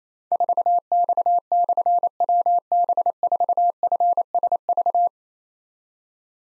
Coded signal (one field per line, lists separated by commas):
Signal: Morse code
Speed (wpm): 27 wpm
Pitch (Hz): 700 Hz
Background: none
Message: 4X/WB4FSV